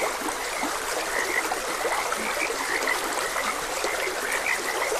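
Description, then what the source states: Frogs calling together, a scatter of short chirpy croaks over running water, some low croaks near the middle. Frogs croaking beside a gentle stream.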